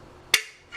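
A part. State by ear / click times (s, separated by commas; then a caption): released / 0.3 s. A metal caulking gun's pressure release catch on the plunger rod is pressed to take the pressure off so the caulk stops flowing. A sharp metallic click at 0.3 s rises out of quiet background and rings down briefly, with a fainter sound at the very end. The release works: the pressure comes off and the caulk stops coming out.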